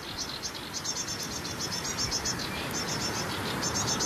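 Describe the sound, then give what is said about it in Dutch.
A reed-dwelling songbird with cream plumage and a yellow eye stripe sings a chattering song of rapid, high, repeated notes in bursts with short pauses, over a steady wash of background noise. “Crème, en hij heeft een gele oogstreep. Nou, als je hem boven het riet uitziet steken, dan zou je misschien op het plaatje kunnen herkennen.”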